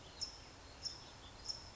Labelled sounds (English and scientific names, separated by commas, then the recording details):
California Towhee (Melozone crissalis)
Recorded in Sonoma County, California